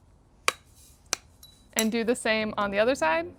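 Aluminum extension tubes of a Garvee roll-up camping table are popped onto one side of the table frame, giving two sharp snaps at 0.5 s and 1.1 s as they seat into place. Someone then talks.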